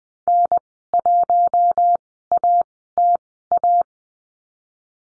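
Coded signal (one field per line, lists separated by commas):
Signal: Morse code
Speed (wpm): 20 wpm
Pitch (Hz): 700 Hz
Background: none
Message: N1ATA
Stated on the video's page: Morse code course lesson on call signs at Farnsworth speed 20/10 wpm.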